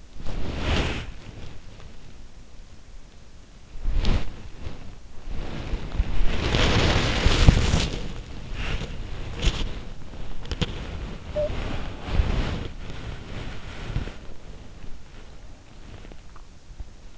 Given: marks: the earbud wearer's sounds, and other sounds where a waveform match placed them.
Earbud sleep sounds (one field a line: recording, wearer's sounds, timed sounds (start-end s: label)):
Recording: sounds in sleep by an in-ear microphone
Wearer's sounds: body movement, talking in sleep, swallowing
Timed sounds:
0.00-1.77 s: body movement
3.45-5.04 s: body movement
5.25-17.18 s: body movement
11.27-11.58 s: talking in sleep
16.22-16.98 s: swallowing